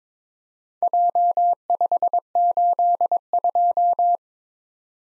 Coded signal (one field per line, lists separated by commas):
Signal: Morse code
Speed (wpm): 22 wpm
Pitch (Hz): 700 Hz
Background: none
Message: J582